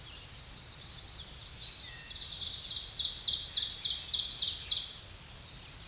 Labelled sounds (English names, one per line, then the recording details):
Ovenbird song
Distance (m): 20 m
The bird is about 10 m above the microphone
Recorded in a Pennsylvania forest on 16 May 2024 at 07:01
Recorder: AudioMoth, point MSD-1338
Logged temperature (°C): 12.6 °C
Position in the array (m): 99 m, 32 m